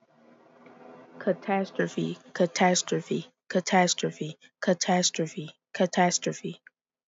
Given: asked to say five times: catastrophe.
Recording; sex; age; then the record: repeated word; female; 20 to 29 years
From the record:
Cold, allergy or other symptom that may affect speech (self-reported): no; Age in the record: 23 years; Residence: New York, United States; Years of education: 12